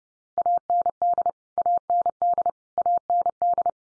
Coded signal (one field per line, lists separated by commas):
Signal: Morse code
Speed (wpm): 30 wpm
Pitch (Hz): 700 Hz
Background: none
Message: AND AND AND